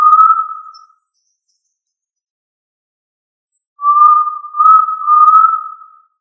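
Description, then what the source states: Quail whistle: a clear, even tone fading out, silence for nearly three seconds, then another drawn-out, slightly wavering whistle about two seconds long. Listed under family Tinamidae; local name puyuh.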